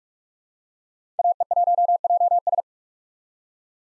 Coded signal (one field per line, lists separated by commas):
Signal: Morse code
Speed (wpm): 46 wpm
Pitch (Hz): 700 Hz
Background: none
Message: AE1JS